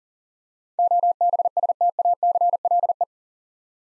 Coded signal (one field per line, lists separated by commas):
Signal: Morse code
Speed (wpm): 40 wpm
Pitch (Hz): 700 Hz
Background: none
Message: OBSTACLE